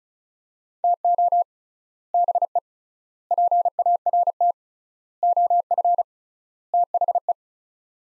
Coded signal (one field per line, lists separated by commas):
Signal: Morse code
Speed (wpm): 34 wpm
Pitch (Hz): 700 Hz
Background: none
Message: TO BE PART OF THE